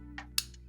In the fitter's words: and it snaps right into the actual camera strap which is clutch so